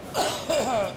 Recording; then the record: coughing mixed with background sound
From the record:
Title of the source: Spring Allergy Coughing